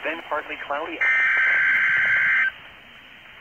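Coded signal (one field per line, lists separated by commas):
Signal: Emergency Alert System (SAME) tones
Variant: header bursts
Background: speech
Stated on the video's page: Real AMBER Alert child abduction emergency relayed on NOAA Weather Radio by the National Weather Service, Columbia SC.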